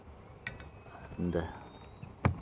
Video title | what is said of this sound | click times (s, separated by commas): Replace Wiper Blade Rubbers (Standard and Flat Types) | pull it up until it clicks | 0.5 s